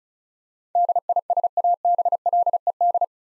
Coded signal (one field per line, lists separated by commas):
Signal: Morse code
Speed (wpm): 34 wpm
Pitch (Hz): 700 Hz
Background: none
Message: DISABLED